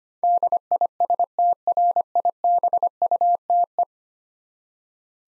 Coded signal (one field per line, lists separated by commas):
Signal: Morse code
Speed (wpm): 25 wpm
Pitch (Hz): 700 Hz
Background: none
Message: DISTRIBUTE